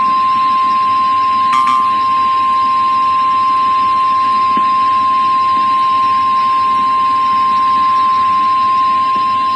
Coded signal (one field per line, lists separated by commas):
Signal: Emergency Alert System (SAME) tones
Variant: 1050 Hz attention tone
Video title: EAS #659: Severe Thunderstorm Warning (5/18/2013)